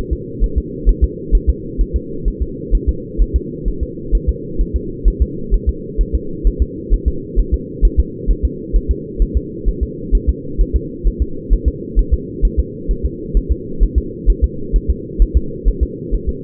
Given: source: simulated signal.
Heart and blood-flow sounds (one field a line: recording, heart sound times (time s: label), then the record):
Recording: fetal heart sounds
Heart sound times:
0.13 s: S2
0.44 s: S1
0.58 s: S2
0.89 s: S1
1.04 s: S2
1.35 s: S1
1.49 s: S2
1.81 s: S1
1.96 s: S2
2.28 s: S1
2.42 s: S2
2.75 s: S1
2.89 s: S2
3.22 s: S1
3.36 s: S2
3.68 s: S1
3.83 s: S2
4.15 s: S1
4.29 s: S2
4.61 s: S1
4.76 s: S2
5.08 s: S1
5.22 s: S2
5.54 s: S1
5.69 s: S2
6.01 s: S1
6.15 s: S2
6.47 s: S1
6.62 s: S2
6.94 s: S1
7.08 s: S2
7.39 s: S1
7.54 s: S2
7.85 s: S1
8.00 s: S2
8.31 s: S1
8.45 s: S2
8.76 s: S1
8.91 s: S2
9.22 s: S1
9.37 s: S2
9.68 s: S1
9.83 s: S2
10.15 s: S1
10.29 s: S2
10.61 s: S1
10.76 s: S2
11.07 s: S1
11.22 s: S2
11.53 s: S1
11.68 s: S2
11.99 s: S1
12.14 s: S2
12.45 s: S1
12.59 s: S2
12.91 s: S1
13.05 s: S2
13.37 s: S1
13.52 s: S2
13.83 s: S1
13.98 s: S2
14.30 s: S1
14.44 s: S2
14.76 s: S1
14.90 s: S2
15.22 s: S1
15.37 s: S2
15.68 s: S1
15.83 s: S2
16.14 s: S1
16.29 s: S2
From the record:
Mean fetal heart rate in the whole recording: 130 bpm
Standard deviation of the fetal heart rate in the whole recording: 2 bpm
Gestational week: 36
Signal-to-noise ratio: -4.3 dB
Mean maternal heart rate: 72 bpm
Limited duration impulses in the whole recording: absent